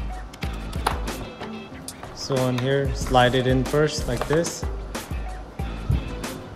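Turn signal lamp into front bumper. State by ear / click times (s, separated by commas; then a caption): not seated / none. A turn signal lamp for a 2014–2017 Infiniti Q50 is handled and slid into its opening in the front bumper, with its plastic clips set down first, while someone talks over background music. Several short knocks and taps of plastic handling are heard. Nothing has seated or clicked yet.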